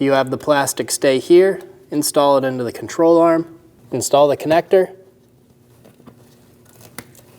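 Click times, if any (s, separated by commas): 7.0 s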